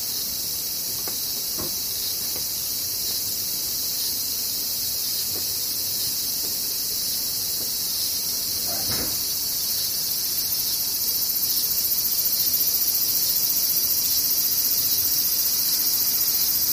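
Cicadas drone in a dense, steady high-pitched hiss that fills the whole 17 seconds and grows slightly louder after about eleven seconds. A few faint, brief clicks or taps break through underneath, most noticeably near the two- and nine-second marks.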